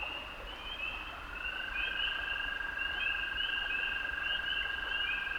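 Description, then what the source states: Toads trilling together: a steady lower trill enters after a second and holds, while higher pulsed trills overlap and repeat throughout over background hiss. Male toads singing love songs from the water in a wetland hollow near a beaver dam; binaural recording, May 2018, height of spring, upstate New York.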